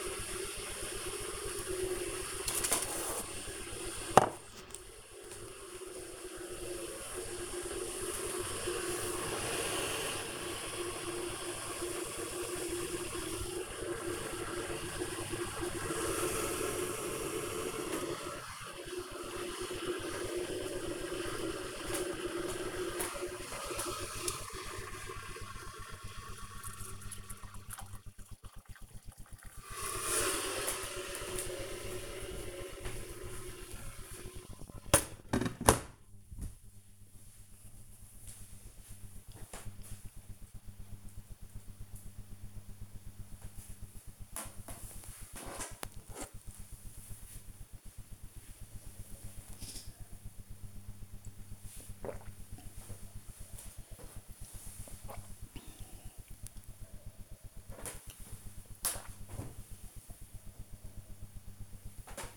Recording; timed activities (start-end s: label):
household activities, microphone on the right wrist
0.00-36.20 s: making tea
47.28-62.37 s: drinking